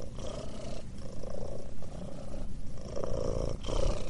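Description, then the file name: Domestic cat purring, low and throbbing, broken into short breathing phases. Purring, "mrrr". "Murchanie - Cats mrrr Relax"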